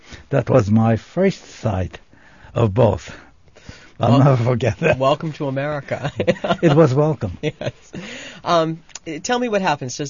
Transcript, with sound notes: That was my first sight of both. I'll never forget that.
Welcome to America. [Laughs]
It was welcome.
Tell me what happened.